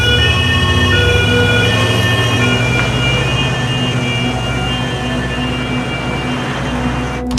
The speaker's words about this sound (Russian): Медбрат садится в кабину. Скорая уезжает по узкой улице.